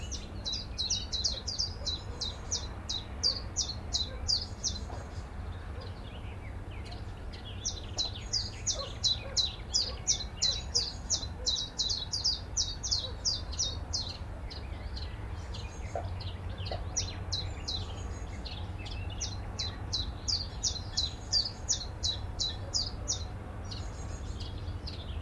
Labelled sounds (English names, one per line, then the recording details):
Willow Warbler
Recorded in captivity
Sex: male
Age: adult
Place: Volierenanlage, Zoologisches Institut Universität Tübingen, Baden-Württemberg, DE
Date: 1966-06-16
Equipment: Nagra III PH, MD 421, LGS26
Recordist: Schneider, Hans-Joachim
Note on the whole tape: Voliere IV. Phylloscopus trochilus trochilus "sylvestris". Nur wenige Gesänge, gegen Bandende Warnrufe. MaAs: M.Sch